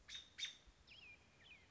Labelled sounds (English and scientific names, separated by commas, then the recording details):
American Robin (Turdus migratorius)
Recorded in Sonoma County, California